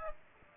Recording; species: mosquito wingbeat signal from an infrared sensor; Aedes aegypti